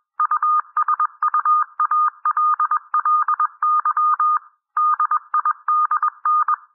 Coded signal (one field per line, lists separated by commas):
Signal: Morse code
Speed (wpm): 21 wpm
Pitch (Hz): 1220 Hz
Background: none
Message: USUALLY DIDN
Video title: Improve Your Morse Code 18-21 WPM - 21-21 WPM